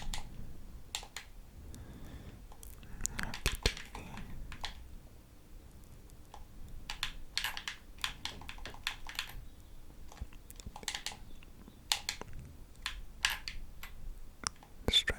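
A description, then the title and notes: Sharp plastic clicks of controller buttons come in quick irregular bursts, some in rapid clusters and others spaced a second or two apart. A faint low hum sits underneath, with occasional soft rustles between presses. CONTROLLER SOUNDS.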